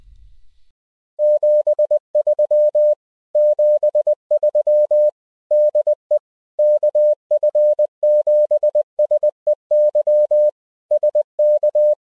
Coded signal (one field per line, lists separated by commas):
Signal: Morse code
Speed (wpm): 20 wpm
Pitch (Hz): 600 Hz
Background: none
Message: 73 73 DE KF7SEY SK